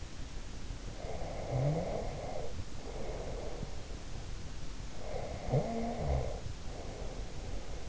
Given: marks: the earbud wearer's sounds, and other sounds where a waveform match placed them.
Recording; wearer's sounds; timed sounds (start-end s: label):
sounds in sleep by an in-ear microphone; snoring breath
1.01-3.86 s: snoring breath
4.95-7.89 s: snoring breath